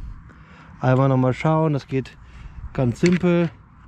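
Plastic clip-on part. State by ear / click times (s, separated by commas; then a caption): not seated / none. Someone talks while a clip-on plastic mudguard is handled at its quick-release mount on a mountain bike, with only faint handling noise beneath the voice. The clip ends before the mudguard is pushed home, so nothing has seated or clicked yet.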